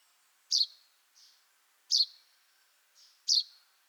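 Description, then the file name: Common chaffinch giving three sharp, piercing notes about every one and a half seconds, with a softer short note before the second and third. "Fringilla coelebs"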